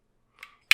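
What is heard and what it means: Two plastic panels of a Mastermind Creations PS-16 Volatus transforming robot toy are brought together, their tabs engaging. A faint plastic rustle around 0.4 s is followed by a sharp, loud snap at 0.7 s as the panels tab together and seat.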